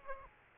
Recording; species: mosquito wingbeat signal from an infrared sensor; Aedes aegypti